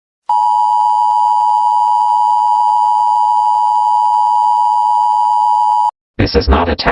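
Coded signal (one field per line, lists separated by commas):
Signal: Emergency Alert System (SAME) tones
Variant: 853 and 960 Hz attention tone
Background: speech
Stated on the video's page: Fictional EAS scenario made for fun.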